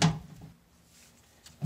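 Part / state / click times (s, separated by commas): plastic retaining clips of a component on a stackable washer / seated / 0.0 s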